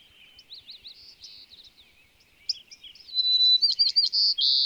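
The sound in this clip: Bird song beginning with soft chirps and twittering, then a thin whistle and a loud run of sharp, buzzy notes at the end.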